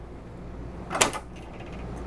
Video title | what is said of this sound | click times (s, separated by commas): 2022 Thor Motor Coach Palazzo 33.6 Class A Diesel Motorhome Walkthrough & Test Drive | And it locks in place for you. | 1.0 s